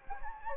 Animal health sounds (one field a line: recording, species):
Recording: mosquito wingbeat signal from an infrared sensor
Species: Anopheles gambiae